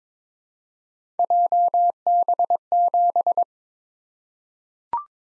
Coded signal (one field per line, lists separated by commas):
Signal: Morse code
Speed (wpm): 22 wpm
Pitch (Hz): 700 Hz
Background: none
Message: JB7